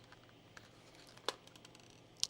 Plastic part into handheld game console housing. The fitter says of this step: There it is. There it is. There it snapped into place.